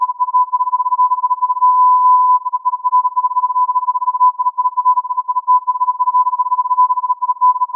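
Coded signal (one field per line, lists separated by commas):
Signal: radio time signal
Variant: Beta RJH69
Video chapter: 07:05 : Time code, on-off modulation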